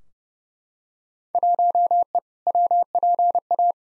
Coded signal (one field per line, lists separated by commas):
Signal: Morse code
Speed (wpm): 29 wpm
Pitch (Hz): 700 Hz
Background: none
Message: 1E WPA